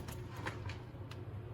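The plastic wiring connector on the EVAP leak detection pump of a 2008 to 2020 Dodge Grand Caravan / Town & Country, a bit stuck with dirt, is squeezed at its locking tab and pulled. Over a steady low hum, small clicks and rubbing sounds come at about 0.1, 0.7 and 1.1 s, with the sharpest snap at 0.5 s. The connector snaps free and is released.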